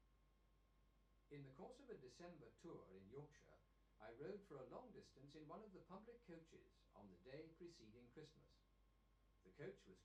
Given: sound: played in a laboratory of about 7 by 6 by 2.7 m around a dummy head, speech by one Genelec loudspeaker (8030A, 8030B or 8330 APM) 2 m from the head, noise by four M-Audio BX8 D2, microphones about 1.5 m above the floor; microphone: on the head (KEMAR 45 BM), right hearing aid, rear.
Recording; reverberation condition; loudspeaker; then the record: male speech in English; low; 90 degrees to the left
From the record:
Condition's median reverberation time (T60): about 310 ms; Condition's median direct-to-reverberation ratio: about 3.5 dB